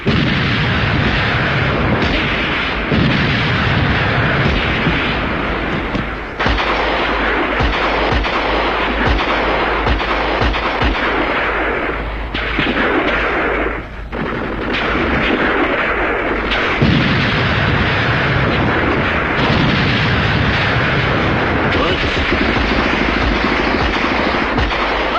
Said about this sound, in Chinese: 炮声震地，杀声冲天，八年抗战，谁知道进行了多少次战斗，谁知道牺牲了多少生命。